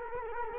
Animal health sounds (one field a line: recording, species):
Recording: mosquito wingbeat signal from an infrared sensor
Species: Culex quinquefasciatus